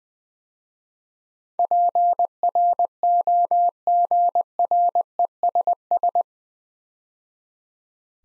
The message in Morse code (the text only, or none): PROGRESS